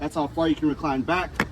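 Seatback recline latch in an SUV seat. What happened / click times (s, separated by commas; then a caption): The seat latch has not yet locked; only adjustment and talk are heard / none. Someone talks while the rear seatback recline latch of a 2024 Mazda CX-90 PHEV SUV seat is handled, the seatback reclined back to its chosen position. A short broadband burst is heard near 1.4 s at the end of the clip, but nothing has seated or clicked yet.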